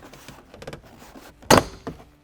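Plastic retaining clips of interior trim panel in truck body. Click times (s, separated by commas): 1.5 s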